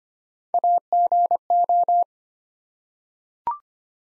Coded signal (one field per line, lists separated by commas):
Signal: Morse code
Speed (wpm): 25 wpm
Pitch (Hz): 700 Hz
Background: none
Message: AGO